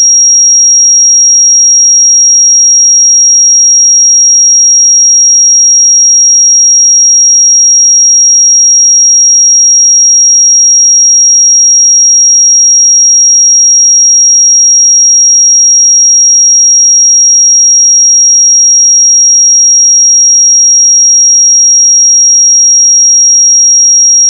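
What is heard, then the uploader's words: A pure sine tone at 5634 Hz sounds for the full twenty-four seconds. It is a single thin, high, piercing whistle that holds perfectly steady in pitch and loudness, with no pulsing, breaks or other sounds around it. 5634 Hz 1 Hz Interval Sine Pure Tone Frequency 441000 Sample Mono.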